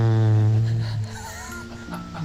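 A sleeping adult man gives a single loud, low-pitched, buzzing snore lasting about a second, with a braying, donkey-like tone, then trails off into quieter breathy noise. He usually snores louder, like a hippopotamus. This is snoring, caused by soft tissues of the upper airway vibrating during sleep.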